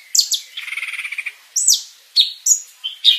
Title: Burung Cucak Ijo Juara Dunia Suara Isian Komplit Kibarkan Sayap